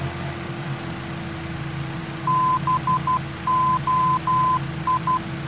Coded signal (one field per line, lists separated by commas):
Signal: Morse code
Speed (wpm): 12 wpm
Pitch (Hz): 1020 Hz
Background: none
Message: BOI